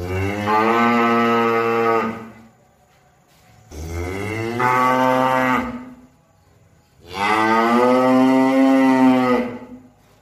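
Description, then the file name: Cow mooing in three long, harmonic-rich lows of about two seconds each, separated by short quiet gaps. "suara sapi"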